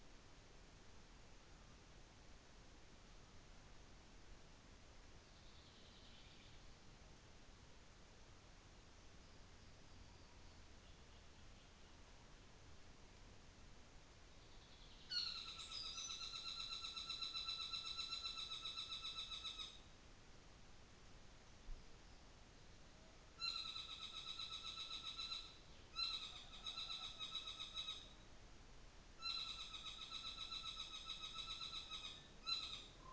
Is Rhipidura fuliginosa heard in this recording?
no